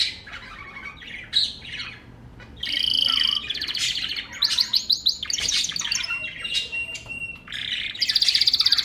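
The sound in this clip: Bird song of varied high phrases: short chirps, a rapid buzzy trill, then bright whistled notes and repeated rattling bursts, with faint background hiss.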